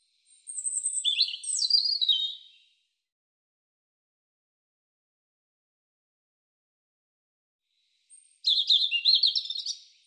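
European robin song in two bursts of rapid, high, liquid warbling and trills, with a long silent gap between them.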